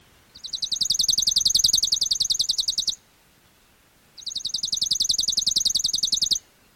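Chipping sparrow trill: two dry, rapid, even trills of high chipping notes, each lasting over two seconds, separated by a short pause.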